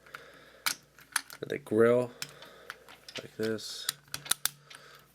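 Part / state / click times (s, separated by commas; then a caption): chest grill piece of a transforming plastic robot figure / seated / 4.5 s. The plastic chest grill of a Transformers Masterforce God Ginrai (Powermaster Optimus Prime) transforming robot figure is pressed inward, with scattered plastic clicks and taps while someone talks. The grill snaps in with a sharp click at 4.5 s, seating it so the legs can come down.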